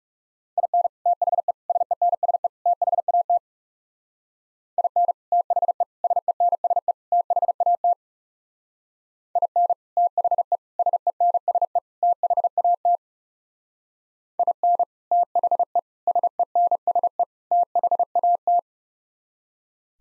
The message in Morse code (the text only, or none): IN THE SENSE THAT IN THE SENSE THAT IN THE SENSE THAT IN THE SENSE THAT